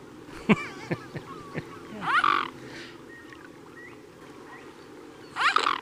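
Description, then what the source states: Mute Swan giving two harsh, nasal calls after a few sharp clicks, over a low steady hum. Described as a weird sound, heard more often than expected, though the birds are not generally very vocal.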